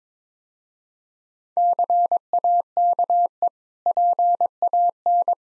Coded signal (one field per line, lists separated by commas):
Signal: Morse code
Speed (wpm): 22 wpm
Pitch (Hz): 700 Hz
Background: none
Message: CAKE PAN